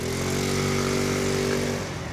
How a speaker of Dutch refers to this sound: Wat voor brommer is dit? Dit is een Peugeot Viva City. Ja. En die rijdt op? Uit benzine.